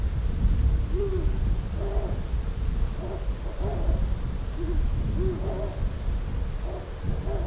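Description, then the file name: Ural owl giving a series of low, short, rounded hoots under a heavy, steady low rumble. "Strix uralensis - Ural Owl"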